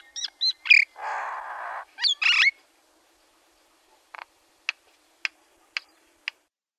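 Common myna calls: a few sharp whistled notes, a harsh rasping burst, more sharp notes, then several dry clicks spaced about half a second apart.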